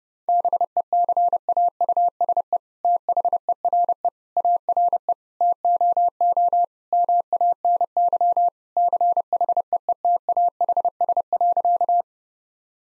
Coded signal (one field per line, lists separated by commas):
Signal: Morse code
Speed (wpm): 32 wpm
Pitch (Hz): 700 Hz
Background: none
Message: BECAUSE THERE ARE TOO MANY CHEETAHS.